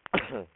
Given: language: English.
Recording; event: throat vibration sensor signal played as sound; cough